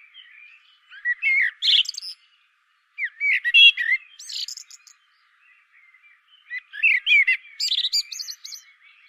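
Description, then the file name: Common blackbird repeating three separate phrases, each a fluty warble finished with a thin, squeaky high twitter, with short pauses between them. "Turdus merula"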